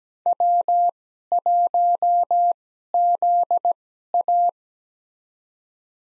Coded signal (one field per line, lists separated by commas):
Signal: Morse code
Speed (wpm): 17 wpm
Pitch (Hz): 700 Hz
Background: none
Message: W1ZA